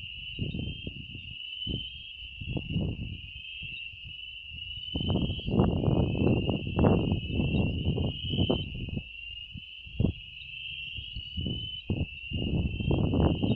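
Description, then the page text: Fernandez's dwarf frog calls give an unbroken high trill with faint wavering, while low rumbling knocks and bursts come and go underneath. Wild adult male, recorded 29 June 2019 near Álvarez de Toledo, Saladillo, Buenos Aires, Argentina, at 37 m altitude. "Physalaemus fernandezae Sexo: Macho Fase da vida: Adulto Data de Registro: 29/06/2019 País: Argentina Província. Departamento: Buenos Aires Localidade ou área protegida: Saladillo"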